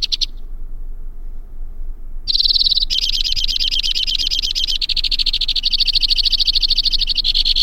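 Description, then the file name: White-winged crossbill singing: a short burst, a pause, then continuous high trills that keep changing speed and pitch until the end. "suara kicauan burung white winged crossbill. omkicau"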